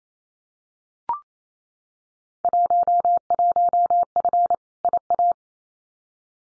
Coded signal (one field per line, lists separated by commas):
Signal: Morse code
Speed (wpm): 28 wpm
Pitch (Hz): 700 Hz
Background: none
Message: 11F IA